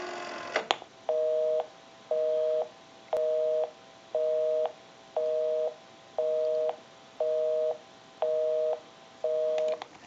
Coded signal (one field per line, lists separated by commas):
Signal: telephone call progress tone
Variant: North America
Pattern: busy tone